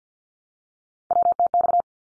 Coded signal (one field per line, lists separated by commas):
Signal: Morse code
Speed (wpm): 50 wpm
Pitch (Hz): 700 Hz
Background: none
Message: WTX